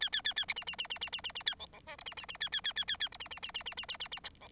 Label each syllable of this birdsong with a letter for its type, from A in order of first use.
A A A A B B B B B B B B A C C D E B B B A A A A A A E B B B B B B B B B C